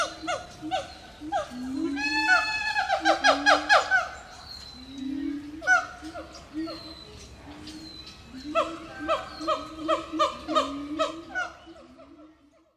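Monkey calls: falling harmonic cries and quick chattering bursts, with a dense flurry early on and a renewed run of rhythmic calls near the end.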